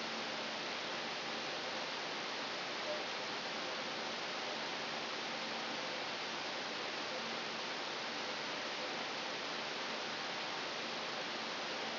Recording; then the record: brain microelectrode recording played as sound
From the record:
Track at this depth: inside the subthalamic nucleus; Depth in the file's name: 1.551 mm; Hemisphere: right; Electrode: 3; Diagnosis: Parkinson's disease